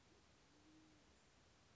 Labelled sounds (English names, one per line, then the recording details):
Band-tailed Pigeon
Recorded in Sonoma County, California